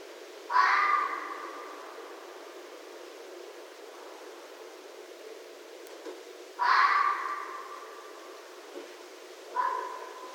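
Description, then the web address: Red fox calling three times with harsh, raspy cries, the first two about six seconds apart and a shorter third, over constant hiss. Recorded on 7 December 2011. "Red Fox 2011 12 07"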